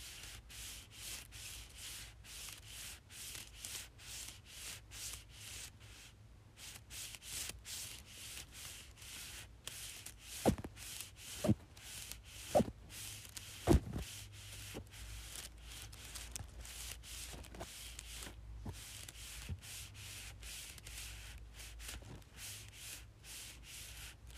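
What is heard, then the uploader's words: Small straws are rubbed together in quick, scratchy strokes that repeat steadily for the whole stretch, a dry, bright rasp. A few sharper clicks or snaps stand out between about ten and fourteen seconds, over a faint low hum. Rubbing Small Straws Together.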